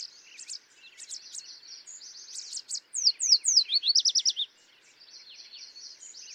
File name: Yellow Warbler